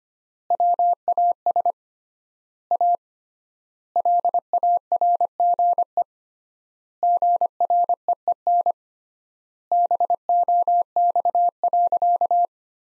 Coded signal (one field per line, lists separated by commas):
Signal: Morse code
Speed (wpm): 25 wpm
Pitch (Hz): 700 Hz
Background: none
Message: WAS A LARGE GREEN BOX.